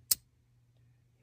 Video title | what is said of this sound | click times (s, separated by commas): Wuben E62 Multifunctional Penlight demo | can hear that it kind of clicks in place but it's not | 0.1 s